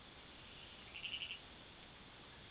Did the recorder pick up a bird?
no